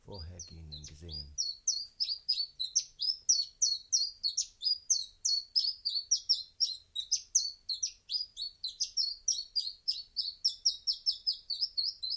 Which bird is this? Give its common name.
Common Chiffchaff